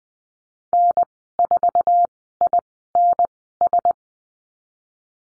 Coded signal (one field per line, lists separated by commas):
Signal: Morse code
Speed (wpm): 20 wpm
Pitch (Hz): 700 Hz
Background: none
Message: N4INS